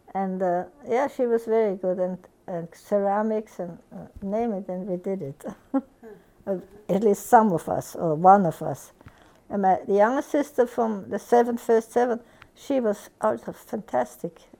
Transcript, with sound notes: And, uh, yeah, she was very good, and ceramics, and name it and we did it. ( she laughs ) At least some of us, or one of us. And the youngest sister from the seven, the first seven, she was also fantastic,